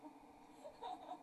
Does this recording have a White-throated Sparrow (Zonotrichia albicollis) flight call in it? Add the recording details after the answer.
no. No flight call is heard. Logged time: 02:34 on 28 November 2014